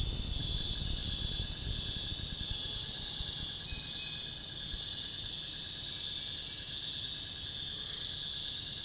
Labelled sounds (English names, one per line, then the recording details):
none
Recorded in pastures near Puerto Asís, Putumayo, Colombia, on 29 June 2025 at 04:00
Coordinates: 0.466, -76.322
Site GP07